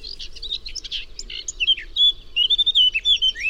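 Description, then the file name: Eurasian blackcap song: scratchy, jumbled chatter at first, then a run of loud, clear fluted whistles rising and falling to the end. "Sylvia atricapilla"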